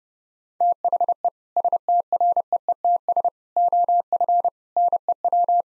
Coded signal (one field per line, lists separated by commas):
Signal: Morse code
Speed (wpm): 30 wpm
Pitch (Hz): 700 Hz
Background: none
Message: THE STREETS OF NEW